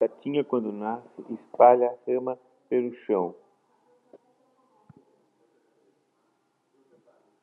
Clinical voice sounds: short text; Brazilian Portuguese; male; 60 to 69 years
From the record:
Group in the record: control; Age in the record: 60 years

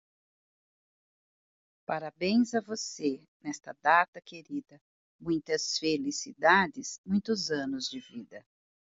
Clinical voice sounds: short text; Brazilian Portuguese; female; 50 to 59 years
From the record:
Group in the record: control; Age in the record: 59 years

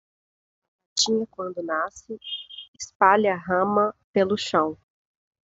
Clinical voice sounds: short text; Brazilian Portuguese; female; 20 to 29 years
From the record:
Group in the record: control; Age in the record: 29 years

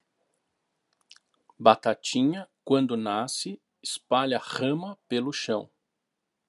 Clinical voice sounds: short text; Brazilian Portuguese; male; 40 to 49 years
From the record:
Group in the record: control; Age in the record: 45 years

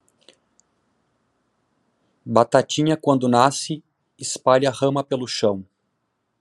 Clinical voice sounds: short text; Brazilian Portuguese; male; 40 to 49 years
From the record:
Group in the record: control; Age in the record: 41 years

